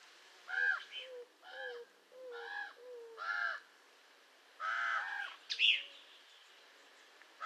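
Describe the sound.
Raven calls: several grating caws, some followed by low soft notes, then a higher squeaky call near the end.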